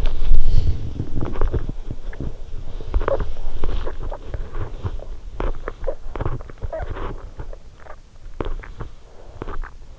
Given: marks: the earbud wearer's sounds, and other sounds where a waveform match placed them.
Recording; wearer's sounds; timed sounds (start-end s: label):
sounds in sleep by an in-ear microphone; teeth grinding
0.00-9.97 s: teeth grinding